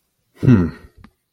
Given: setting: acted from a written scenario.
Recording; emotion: vocal sound without words; contempt